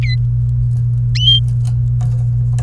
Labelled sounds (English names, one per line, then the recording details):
Domestic Canary song
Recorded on 27 April 2018 at 17:55
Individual llb3